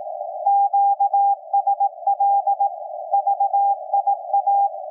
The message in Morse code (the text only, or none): QSL VIA